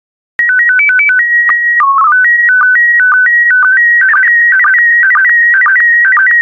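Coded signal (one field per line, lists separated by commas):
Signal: SSTV (slow-scan television)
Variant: PD 120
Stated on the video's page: SSTV images sent in PD120 mode for decoding practice.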